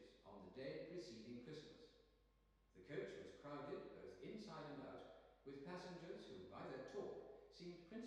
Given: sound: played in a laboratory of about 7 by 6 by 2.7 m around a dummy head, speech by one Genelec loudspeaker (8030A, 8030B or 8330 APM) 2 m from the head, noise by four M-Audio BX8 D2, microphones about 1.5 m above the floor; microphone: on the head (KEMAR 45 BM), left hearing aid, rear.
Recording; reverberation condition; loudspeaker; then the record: male speech in English; high; 120 degrees to the right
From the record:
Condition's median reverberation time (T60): about 1300 ms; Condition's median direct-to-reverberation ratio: about -4.0 dB